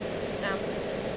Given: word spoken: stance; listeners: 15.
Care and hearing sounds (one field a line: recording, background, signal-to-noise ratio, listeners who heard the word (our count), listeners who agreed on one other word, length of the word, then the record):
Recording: one English word in noise, from a listening test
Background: speech-shaped noise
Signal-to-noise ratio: -6.1 dB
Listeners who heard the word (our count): 0 of 15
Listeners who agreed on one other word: 8 of 15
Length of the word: 0.77 s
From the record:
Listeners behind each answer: 8, 2, 1, 1, 1, 1, 1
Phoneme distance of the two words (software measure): 20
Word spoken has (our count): 1 syllable, 5 phonemes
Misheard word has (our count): 1 syllable, 5 phonemes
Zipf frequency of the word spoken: 3.74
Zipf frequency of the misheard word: 4.20